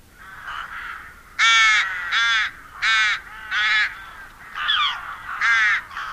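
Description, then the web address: Rook giving a series of several loud, hoarse, grating caws. "agykontroll Madardalok Cd 2. Vetési varjú"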